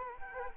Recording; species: mosquito wingbeat signal from an infrared sensor; Culex quinquefasciatus